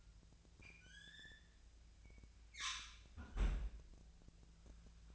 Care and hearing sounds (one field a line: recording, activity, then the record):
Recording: daily activity, microphone in the room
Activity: close fridge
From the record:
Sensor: 2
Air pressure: 1009.5 hPa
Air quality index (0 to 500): 186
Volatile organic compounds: 11 ppm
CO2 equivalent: 2314 ppm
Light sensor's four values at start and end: 24/59/26/28 and 24/60/26/28